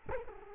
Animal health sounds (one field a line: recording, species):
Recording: mosquito wingbeat signal from an infrared sensor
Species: Culex quinquefasciatus